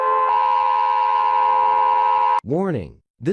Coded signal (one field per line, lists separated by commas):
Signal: Emergency Alert System (SAME) tones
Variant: 853 and 960 Hz attention tone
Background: speech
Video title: compilation of all the eas alarms from every country (READ DESC)